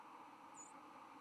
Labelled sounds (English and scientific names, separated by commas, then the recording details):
White-throated Sparrow (Zonotrichia albicollis) flight call
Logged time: 09:21 on 10 November 2014